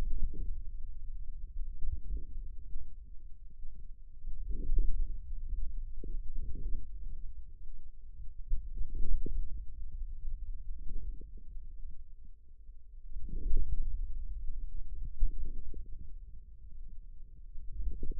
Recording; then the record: forearm muscle sounds (acoustic myography)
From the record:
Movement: hand closing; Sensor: system 2, bracelet of six BSWA MPA416 microphones around the upper forearm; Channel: 2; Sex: male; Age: 22 years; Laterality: right